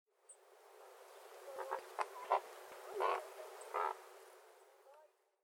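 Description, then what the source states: Great white pelican calls: a few short, harsh, hoarse bursts, with two broader ones near the end, over a faint steady hiss. Recorded at Inba, Japan, on 22 March 2024.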